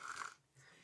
It's his normal breathing noises. Don't worry, he's fine. He sounds like a ghost, like, wheezing.